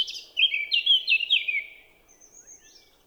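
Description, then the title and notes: Eurasian blackcap song burst: a short run of loud, clear whistled warbling notes stepping downward, then a thin high note. Recorded 10 April 2020 at Champs des Blas, Val Maravel, after the dawn chorus; melodious song; stereo omni mic (Nagra LB, MKH20). "Fauvette à tête noire (Sylvia atricapilla). Champs des Blas - Val Maravel"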